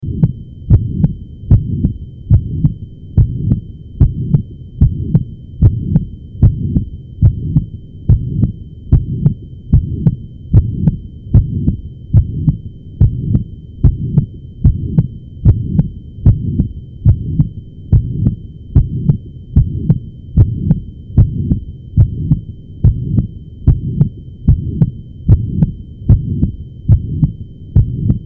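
Heart heard through a stethoscope at about 74 beats per minute, with a holosystolic murmur of blowing quality and crescendo shape filling systole between the heart sounds.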